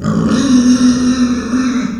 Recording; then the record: squeal of a Yucatan mini pig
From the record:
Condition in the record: after surgery on the right vocal fold (resection and tissue-engineered implant); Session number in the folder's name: 9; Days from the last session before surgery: 65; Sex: female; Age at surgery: 19 weeks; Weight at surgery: 25 kg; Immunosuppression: prednisolone